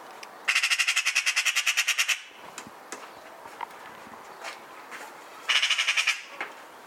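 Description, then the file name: Eurasian magpie rattle: a long, harsh, evenly pulsed chatter, then a shorter burst after a pause, faint clicks between. "Pica pica"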